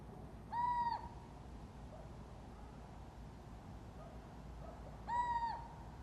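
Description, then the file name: Little owl repeating a drawn-out, level plaintive call twice, about four and a half seconds apart, with faint short notes between and mild background hiss. "athene noctua"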